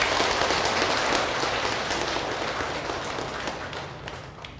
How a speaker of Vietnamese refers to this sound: Quý vị có cho một tràng pháo tay thiệt lớn.